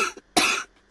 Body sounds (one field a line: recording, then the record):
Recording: coughing mixed with background sound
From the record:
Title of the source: 64 coughing, allergies, singing lungs